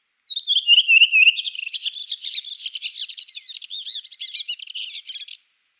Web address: Schulze Peter Redwing song